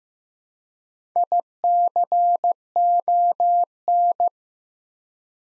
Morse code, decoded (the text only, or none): ICON